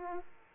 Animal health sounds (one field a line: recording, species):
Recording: mosquito wingbeat signal from an infrared sensor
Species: Aedes aegypti